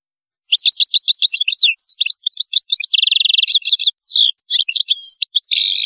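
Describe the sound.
European goldfinch song, an unbroken stream of quick liquid twitters, trilled runs and buzzy notes, ending on a harsh nasal buzz.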